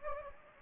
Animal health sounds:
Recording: mosquito wingbeat signal from an infrared sensor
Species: Anopheles gambiae

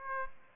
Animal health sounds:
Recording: mosquito wingbeat signal from an infrared sensor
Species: Aedes aegypti

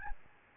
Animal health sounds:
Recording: mosquito wingbeat signal from an infrared sensor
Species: Aedes albopictus

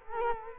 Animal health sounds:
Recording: mosquito wingbeat signal from an infrared sensor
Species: Culex quinquefasciatus

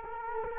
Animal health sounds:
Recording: mosquito wingbeat signal from an infrared sensor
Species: Culex quinquefasciatus

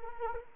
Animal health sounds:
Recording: mosquito wingbeat signal from an infrared sensor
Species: Anopheles arabiensis

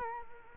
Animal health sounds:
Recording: mosquito wingbeat signal from an infrared sensor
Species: Culex quinquefasciatus

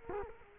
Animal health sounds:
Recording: mosquito wingbeat signal from an infrared sensor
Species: Culex quinquefasciatus

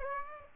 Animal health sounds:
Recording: mosquito wingbeat signal from an infrared sensor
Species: Aedes aegypti

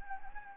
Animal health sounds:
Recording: mosquito wingbeat signal from an infrared sensor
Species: Anopheles gambiae

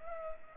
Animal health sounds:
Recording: mosquito wingbeat signal from an infrared sensor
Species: Culex pipiens

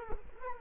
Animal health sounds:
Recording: mosquito wingbeat signal from an infrared sensor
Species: Culex quinquefasciatus

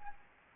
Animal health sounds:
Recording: mosquito wingbeat signal from an infrared sensor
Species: Anopheles arabiensis

